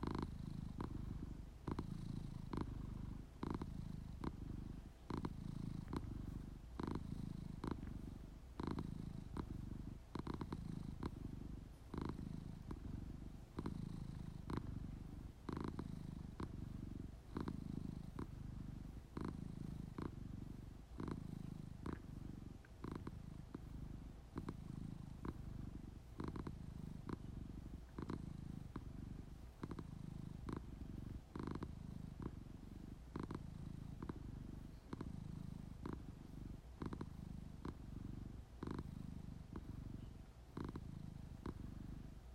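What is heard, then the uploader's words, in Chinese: A cat purrs deeply and steadily, a rich low rumble pulsing in regular breaths about every second, with no other sounds around it. 相公的呼嚕聲。沒聽過這麼渾厚舒服的呼嚕聲。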